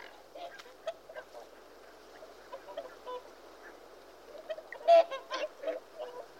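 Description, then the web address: Goose honks, mostly soft and scattered, with a louder burst of calls toward the end. "гуси"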